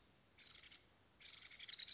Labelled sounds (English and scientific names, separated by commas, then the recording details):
Nuttall's Woodpecker (Dryobates nuttallii)
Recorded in Sonoma County, California